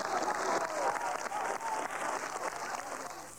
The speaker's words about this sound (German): Der Jubel gehört ihm.